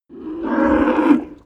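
Cow giving a single short moo, a low, harmonic-rich bellow lasting just over a second that swells and then fades, with no other sounds.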